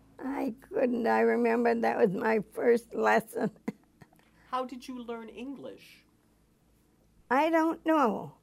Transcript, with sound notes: I couldn't. I remember that was my first lesson. (she laughs)
How did you learn English?
I don't know.